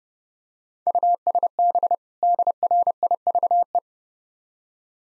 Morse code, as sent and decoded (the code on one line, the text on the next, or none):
..- ... -... / -.. .-. .. ...- .
USB DRIVE